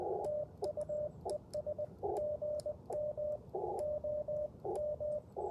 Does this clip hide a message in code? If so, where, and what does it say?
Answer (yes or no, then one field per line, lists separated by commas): yes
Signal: Morse code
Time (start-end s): 0.3-5.2 s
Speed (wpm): 19 wpm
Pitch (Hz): 600 Hz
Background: radio noise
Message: TU ES GM OM